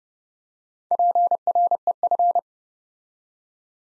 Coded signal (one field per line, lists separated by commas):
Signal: Morse code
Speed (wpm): 30 wpm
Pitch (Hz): 700 Hz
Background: none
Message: PREF